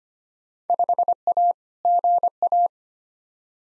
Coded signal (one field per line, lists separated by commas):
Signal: Morse code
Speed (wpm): 25 wpm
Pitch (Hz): 700 Hz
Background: none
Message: 5A GA